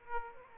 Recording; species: mosquito wingbeat signal from an infrared sensor; Aedes aegypti